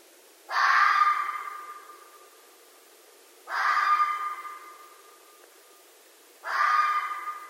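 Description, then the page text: Red fox calling three times, each harsh, hoarse call starting abruptly and fading away, repeated roughly every three seconds. Recorded at night. "Night Sounds, Pt 7 â€“ Red Foxes – Stan Courtney"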